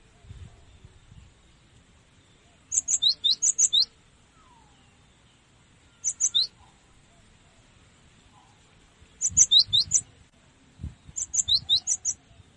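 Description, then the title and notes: Cinereous tit song: phrases of high, bright chirps alternating between two pitches, arriving in bursts every few seconds, with soft low thumps between them. Training song for cage birds (masteran). "Masteran Gelatik Batu. burung gelatik"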